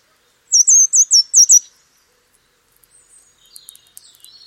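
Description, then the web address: Eurasian blue tit song: a quick series of high hooked notes, then faint bird chirps. "cianscape birddata Deverinetal 2025 File origin Bird Only Cy Ca"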